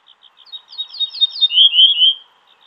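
Ortolan bunting song: a run of short, high repeated notes, then three louder, lower, slurred notes before the phrase ends.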